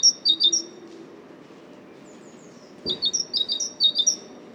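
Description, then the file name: Great tit song: a short burst of ringing two-note phrases, a pause with a soft thud, then a longer repeated series over a low hum. "Great Tit Parus major"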